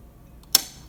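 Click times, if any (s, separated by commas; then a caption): 0.5 s. The metal folding latch on a Boosted Rev electric scooter's stem folding lock is pushed closed into the stem hinge. After a faint tick at 0.4 s, a sharp, loud metallic click sounds at 0.6 s and quickly decays. The lock is seated in place.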